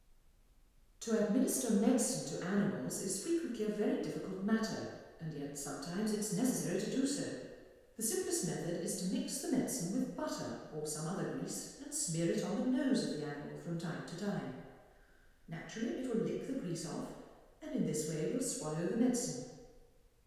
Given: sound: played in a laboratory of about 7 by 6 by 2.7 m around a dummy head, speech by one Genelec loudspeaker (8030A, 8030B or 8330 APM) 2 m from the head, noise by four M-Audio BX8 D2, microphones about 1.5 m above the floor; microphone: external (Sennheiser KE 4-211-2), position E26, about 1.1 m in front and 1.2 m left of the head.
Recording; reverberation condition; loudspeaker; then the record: female speech in English; high; 30 degrees to the right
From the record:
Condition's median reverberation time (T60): about 1300 ms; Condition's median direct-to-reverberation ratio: about -4.0 dB